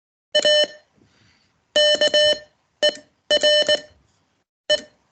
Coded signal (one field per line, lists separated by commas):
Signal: Morse code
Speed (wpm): 19 wpm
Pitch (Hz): 590 Hz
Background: none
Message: AKERE